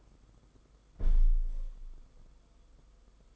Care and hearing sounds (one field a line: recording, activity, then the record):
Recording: daily activity, microphone in the room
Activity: close window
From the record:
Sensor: 5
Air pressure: 990.5 hPa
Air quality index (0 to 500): 165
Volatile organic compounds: 308 ppm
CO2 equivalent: 4499 ppm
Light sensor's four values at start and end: 17/40/16/18 and 17/40/16/18